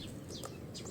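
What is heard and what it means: A garden hose quick-connect coupling is pushed by hand toward the threaded water-inlet adapter just screwed onto a MASARU 180-bar 3800 W pressure washer. Steady background noise with high chirp-like tones is heard, plus brief handling knocks at about 0.3, 0.4 and 1.0 s. Nothing has seated or clicked yet; the coupling is still being handled.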